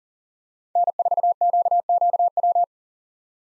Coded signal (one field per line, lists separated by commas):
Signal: Morse code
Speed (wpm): 38 wpm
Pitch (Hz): 700 Hz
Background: none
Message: N4QQW